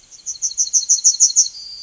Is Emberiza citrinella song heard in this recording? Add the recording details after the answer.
yes. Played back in forest. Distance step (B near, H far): B. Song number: 037